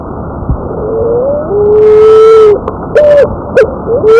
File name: Columba picazuro - Paloma picazuro